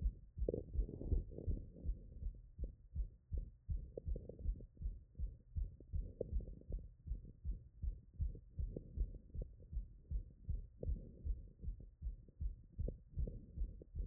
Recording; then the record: heart sounds by stethoscope after running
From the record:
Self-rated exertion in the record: very light exertion (1 of 6); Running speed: 6 mph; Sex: female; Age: 33 years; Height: 155 cm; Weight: 48 kg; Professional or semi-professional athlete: no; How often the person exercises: 3 to 5 times a week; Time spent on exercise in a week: under 1 hour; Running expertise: no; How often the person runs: under once a week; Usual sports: hiking, cycling